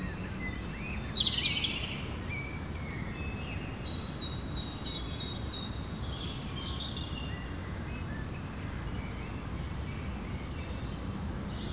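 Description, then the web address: Birds give repeated high, falling whistled notes and chirps in a loose chorus, carried over a steady low rumbling hum. Birds recorded in the evening. "Effects 02-Birds, Insects Animals. Birds evening"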